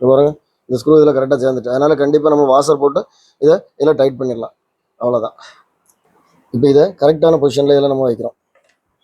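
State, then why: Not seated. The speed-adjusting knob part of a vintage HMV record player is being handled and set toward its correct position on the mechanism, where a stem on it is meant to lock into place. Someone talks through most of the clip, with a few faint ticks near the end. Nothing has seated or clicked yet.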